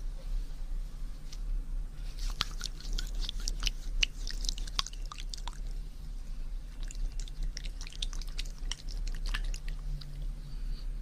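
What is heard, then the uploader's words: Wet ear-cleaning and ear-massage sounds: quick squishy, crackling clicks and drips in irregular clusters, busiest from about two to five seconds and again around seven to nine. A steady low hum runs underneath the whole time. Ear Cleaning & Ear Massage Water Sounds.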